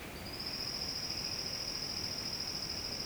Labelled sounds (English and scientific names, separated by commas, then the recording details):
none
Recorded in secondary vegetation near Puerto Asís, Putumayo, Colombia, on 18 February 2024 at 10:30
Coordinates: 0.472, -76.331
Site G6371